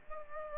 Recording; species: mosquito wingbeat signal from an infrared sensor; Aedes aegypti